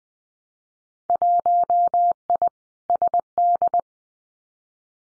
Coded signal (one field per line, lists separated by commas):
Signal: Morse code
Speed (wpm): 20 wpm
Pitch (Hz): 700 Hz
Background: none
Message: 1I SD